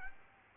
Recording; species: mosquito wingbeat signal from an infrared sensor; Aedes aegypti